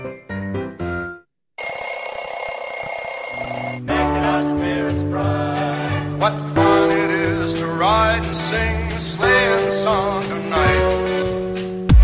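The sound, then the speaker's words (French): An alarm clock goes off as the wake-up signal for the Coup de Boost show on Studek Web, a quick burst of pulsing beeps and then a steady, shrill electronic ring held for about two seconds, before lively music with a thumping beat takes over. “Allez, faut se lever, c'est l'heure du coup de boost. Le deuxième réveil de la journée.”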